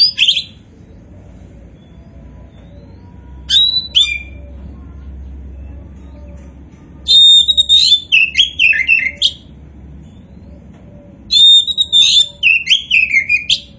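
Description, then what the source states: Oriental magpie-robin song in separate outbursts: short whistles near the start and at three and a half seconds, then two longer bursts of varied, tumbling high phrases later on. Kacer poci variety, singing in vigorous full song known as gacor.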